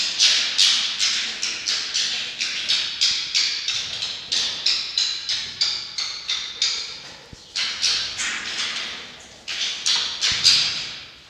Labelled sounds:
Red Fox (Vulpes vulpes)
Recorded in captivity
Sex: female
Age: juvenile
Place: Zoologisches Institut der HUB, Berlin, DE
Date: 1953-05-15 18:35
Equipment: Elmetra
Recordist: Tembrock, Günter

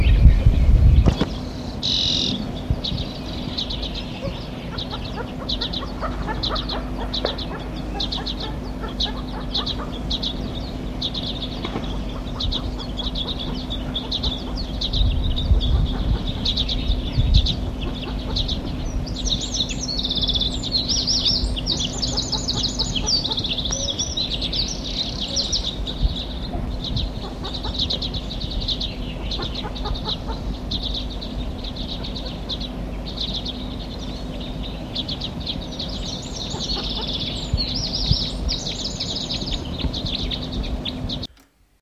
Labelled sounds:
Common Redpoll (Carduelis flammea)
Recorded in the wild
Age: adult
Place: Mirnock, Kärnten, AT
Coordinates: 46.758, 13.714
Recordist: Brunner, Thomas
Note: Aufnahme: Mai / Juni 1964, Mirnock, Hochalm

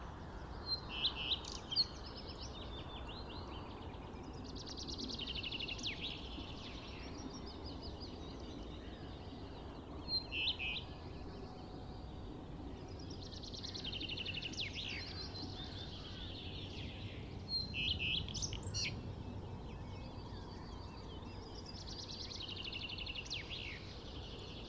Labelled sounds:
Common Redstart (Phoenicurus phoenicurus) song
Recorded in the wild
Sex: male
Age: adult
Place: Schönow, Naturpark Barnim, Brandenburg, DE
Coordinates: 52.685, 13.512
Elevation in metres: 68
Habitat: heath
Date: 2014-04-26
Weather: sunny, 14°C, windless
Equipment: Sound Devices 702, Sennheiser MKH 70, Rycote Windschutz
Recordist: Frommolt, Karl-Heinz

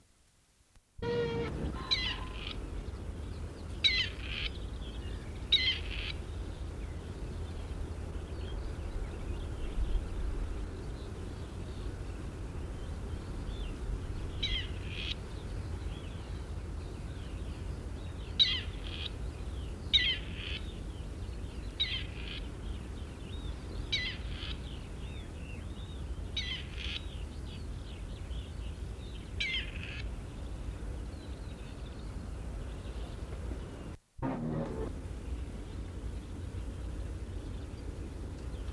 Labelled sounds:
Grey Partridge (Perdix perdix) call
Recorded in the wild
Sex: male
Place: Albesti, Transilvania, RO
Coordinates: 46.258, 24.86
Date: 1973-04-29
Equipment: Nagra III BH, Sennheiser MD 21, parabola
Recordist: Schubert, Michael

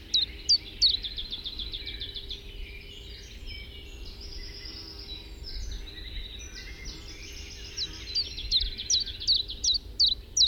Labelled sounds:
Common Chiffchaff (Phylloscopus collybita) song
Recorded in the wild
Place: Venz, Insel Rügen, Mecklenburg-Vorpommern, DE
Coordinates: 54.497, 13.302
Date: 1971-05-31
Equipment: Nagra III BH, Sennheiser MD 21, parabola
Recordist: Schubert, Michael
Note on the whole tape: Gesang Zilpzalp

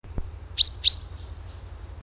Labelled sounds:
Common Chaffinch (Fringilla coelebs) call
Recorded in the wild
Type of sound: call
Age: adult
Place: Schloß Holte-Stukenbrock, Senne, Nordrhein-Westfalen, DE
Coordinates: 51.8667, 8.66667
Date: 1973
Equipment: Uher 4200 Report Stereo, Bändchenmikro Beyer M 260, Parabolspiegel Polyester (600 mm)
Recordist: Conrads, Klaus
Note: Stukenbrock, Furlbach-Gebiet. Männchen: pink. Ungenaue Datumsangabe: 15. bis 20.06.1973

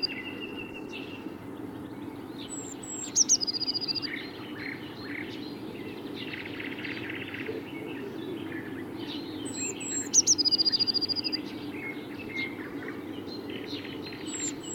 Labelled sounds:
Eurasian Blue Tit (Cyanistes caeruleus) song
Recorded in the wild
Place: Schönfeld, Brandenburg, DE
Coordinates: 53.396, 14.001
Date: 1988-05-15 05:11
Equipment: Nagra III BH, Sennheiser MD 21, parabola
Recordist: Schubert, Michael

